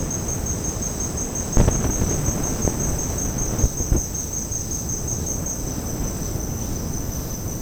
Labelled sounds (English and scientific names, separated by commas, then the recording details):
none
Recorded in secondary vegetation near Puerto Asís, Putumayo, Colombia, on 21 February 2024 at 08:00
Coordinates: 0.489, -76.322
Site G6419